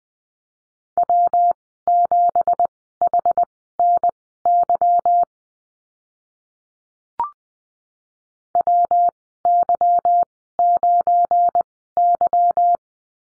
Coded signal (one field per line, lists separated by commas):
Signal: Morse code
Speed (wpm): 20 wpm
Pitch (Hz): 700 Hz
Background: none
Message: W7HNY WY9Y